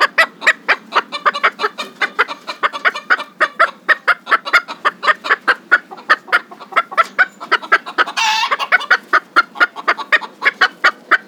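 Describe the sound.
Chickens clucking in a fast, steady series of short clucks, several per second, with one brief harsh squawk breaking in near the end.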